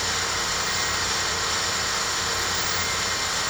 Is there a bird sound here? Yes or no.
no